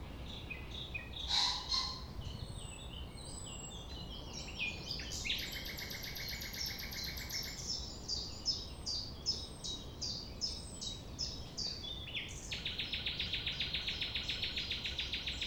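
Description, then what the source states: Common nightingale song: varied phrases of sharp chirps and clear whistles, then a long buzzy rattle of fast repeated notes near the end, over a steady low background hum. Singing at 6 a.m. sunrise near the Thève river at Champ de Ménage; the nightingale sings without waiting for silence.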